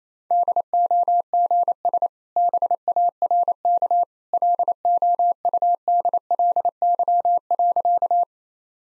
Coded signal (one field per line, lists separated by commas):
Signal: Morse code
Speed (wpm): 28 wpm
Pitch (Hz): 700 Hz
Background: none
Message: DOGS BARK LOUDLY.